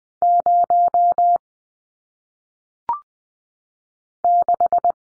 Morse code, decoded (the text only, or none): 0 6